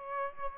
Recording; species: mosquito wingbeat signal from an infrared sensor; Aedes aegypti